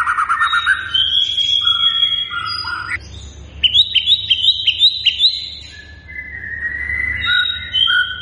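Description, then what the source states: White-rumped shama song mixing trilled whistles, abrupt chip notes and a quick run of repeated rising notes, with a brief pause before more whistled phrases. Lure recording meant to make birds respond; lively, persistently singing bird.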